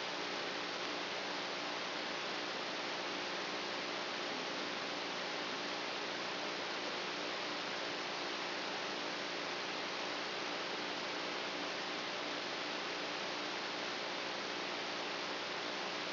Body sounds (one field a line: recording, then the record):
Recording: brain microelectrode recording played as sound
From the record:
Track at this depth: outside the subthalamic nucleus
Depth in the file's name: -1.509 mm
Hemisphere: right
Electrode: 3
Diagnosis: Parkinson's disease